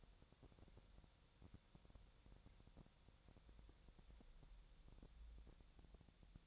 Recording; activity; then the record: daily activity, microphone in the room; wipe stove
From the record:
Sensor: 3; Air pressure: 1000.5 hPa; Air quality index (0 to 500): 178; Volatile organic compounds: 4 ppm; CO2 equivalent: 1540 ppm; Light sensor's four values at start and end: 13/30/13/13 and 13/30/13/13